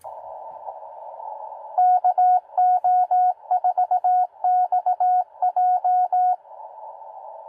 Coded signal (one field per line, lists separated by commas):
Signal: Morse code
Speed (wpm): 20 wpm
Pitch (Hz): 730 Hz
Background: none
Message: KO4XJ